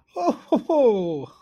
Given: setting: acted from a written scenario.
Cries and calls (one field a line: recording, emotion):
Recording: vocal sound without words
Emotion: elation